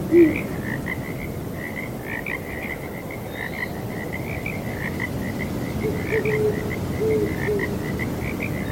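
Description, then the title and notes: Frogs keep up a dense pulsed croaking chorus over steady breezy noise, with one short hoot at the start and faint notes later. Frogs with owls hooting on a breezy night. "Owls Hooting and Frogs on Breezy Night. Sleep and Relaxation Podcast"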